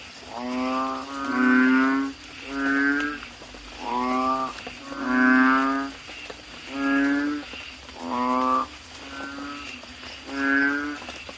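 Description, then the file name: Asian common toad calls: a steady series of rough bleating notes with rich overtones over a faint hum. "suara kodok bangkong"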